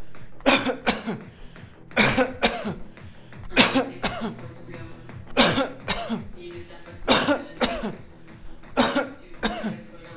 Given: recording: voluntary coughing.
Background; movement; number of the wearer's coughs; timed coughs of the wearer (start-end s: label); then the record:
music; walking; 12
0.44-0.76 s: cough
0.85-1.18 s: cough
1.95-2.29 s: cough
2.40-2.89 s: cough
3.54-3.90 s: cough
4.03-4.33 s: cough
5.36-5.79 s: cough
5.87-6.29 s: cough
7.06-7.45 s: cough
7.59-7.94 s: cough
8.76-9.13 s: cough
9.42-9.78 s: cough
From the record:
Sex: male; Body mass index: 20.6 kg/m2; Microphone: on the chest, facing outward